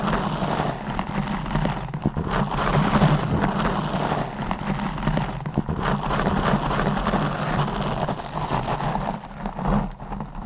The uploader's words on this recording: ASMR Deep Mic Scratching , Brushing & Stroking Asmr No Talking.